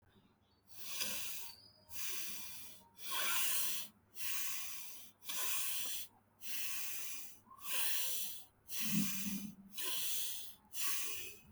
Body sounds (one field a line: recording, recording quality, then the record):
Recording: deep breathing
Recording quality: excellent, no background noise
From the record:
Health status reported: healthy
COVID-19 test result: negative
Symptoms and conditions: none ticked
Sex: male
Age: 34 years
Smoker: not ticked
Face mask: not worn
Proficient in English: yes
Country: India